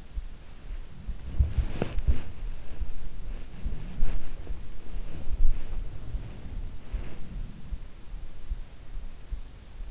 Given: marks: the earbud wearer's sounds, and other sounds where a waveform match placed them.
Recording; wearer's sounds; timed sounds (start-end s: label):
sounds in sleep by an in-ear microphone; body movement
0.00-8.24 s: body movement